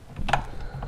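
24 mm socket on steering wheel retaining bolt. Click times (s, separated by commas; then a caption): 0.3 s. A 24 mm socket on a ratchet is pushed further onto the center retaining bolt of a Ford Mustang steering wheel during clockspring removal, after not being fully on. Short ratchet-like mechanical hits sound, with the sharpest click at 0.3 s as the socket seats fully on the bolt.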